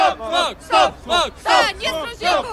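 A crowd of protesters from the Warsaw Smog Alarm chants in unison at an anti-smog picket in front of the Masovian Marshal's Office in Warsaw, Poland, loud shouted phrases repeating in a steady, driving rhythm, about five bursts in quick succession with brief gaps between them.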